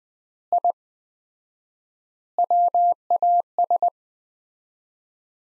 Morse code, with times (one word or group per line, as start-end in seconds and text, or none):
0.5-0.7 I
2.4-3.9 WAS